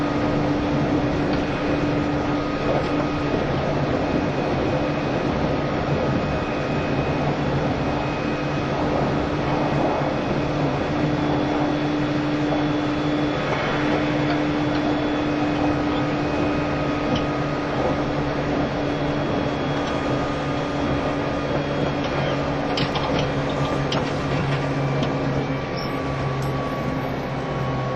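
A JR East E351 series tilting train on a Super Azusa service runs with a steady, dense rumble and a constant low motor drone holding a few fixed tones. The level stays even throughout, with occasional brief clicks and rattles, and a few sharper crackles near the end.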